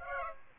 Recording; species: mosquito wingbeat signal from an infrared sensor; Aedes aegypti